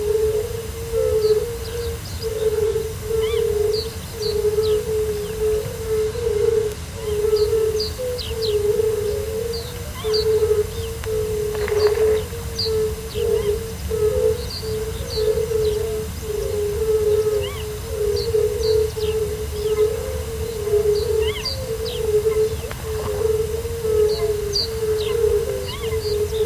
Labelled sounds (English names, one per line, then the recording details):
Little Owl
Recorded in the wild
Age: adult
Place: Illmitz, Neusiedler See, AT
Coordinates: 47.7678, 16.7803
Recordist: Brunner, Thomas